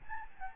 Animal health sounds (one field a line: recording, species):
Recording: mosquito wingbeat signal from an infrared sensor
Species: Aedes albopictus